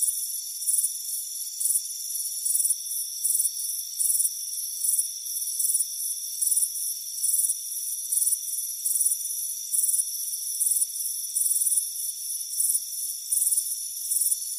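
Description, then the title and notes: Cricket chirping: high, pulsed trills repeating steadily over a constant high-pitched insect drone. Crickets chirping on a warm afternoon on a front porch. "Soothing Crickets Chirping Sound. It's a warm afternoon as you relax in a hammock on the front porch. Relax and fall asleep to the soothing sound of chirping crickets. Deep Sleep Sounds"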